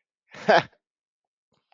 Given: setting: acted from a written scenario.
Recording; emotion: vocal sound without words; amusement